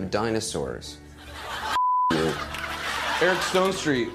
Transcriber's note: beep